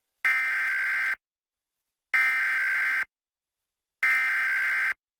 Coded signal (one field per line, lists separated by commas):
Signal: Emergency Alert System (SAME) tones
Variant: header bursts